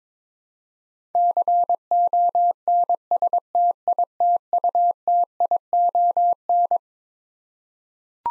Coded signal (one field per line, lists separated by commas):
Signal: Morse code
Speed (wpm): 22 wpm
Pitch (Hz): 700 Hz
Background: none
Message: CONSTITUTION